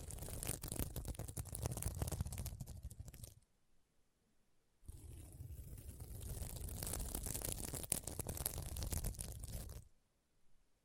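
Scratching across a sequin mermaid pillow, heard as dense, rough rustling full of quick clicky flecks and a low rumbling body. Two long strokes run from the start to about 3.4 seconds and from about 4.8 to 9.8 seconds, separated and followed by near silence.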